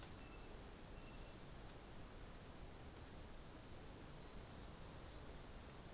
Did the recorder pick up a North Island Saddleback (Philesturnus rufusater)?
yes